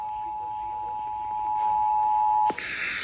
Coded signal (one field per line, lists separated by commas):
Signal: Emergency Alert System (SAME) tones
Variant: 853 and 960 Hz attention tone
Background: speech